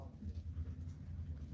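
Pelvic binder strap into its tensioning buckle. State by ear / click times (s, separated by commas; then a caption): not seated / none. A pelvic binder strap is being handled toward its tensioning buckle, with the binder placed below the belt line over the hips while one hand holds the orange handle and the other pulls the strap as tight as possible. Only low, rumbling handling and rubbing noise is heard, with no sharp hits. The buckle has not clicked yet.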